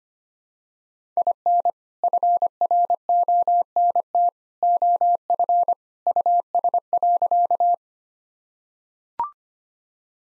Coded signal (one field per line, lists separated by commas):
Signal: Morse code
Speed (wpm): 25 wpm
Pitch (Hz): 700 Hz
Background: none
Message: IN FRONT OF US.